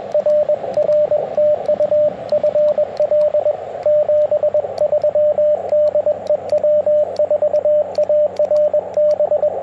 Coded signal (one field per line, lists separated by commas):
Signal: Morse code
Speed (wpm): 20 wpm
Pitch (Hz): 590 Hz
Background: radio noise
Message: RR TU FL 73 DE W4ARB